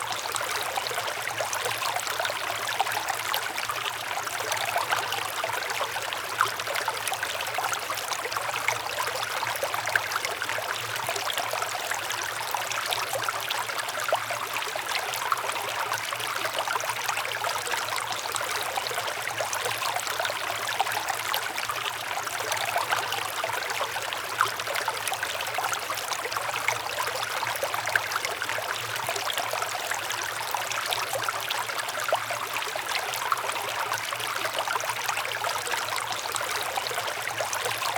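A river rushes steadily and densely, close by, its bright hiss of running water unbroken throughout, with a faint low hum underneath.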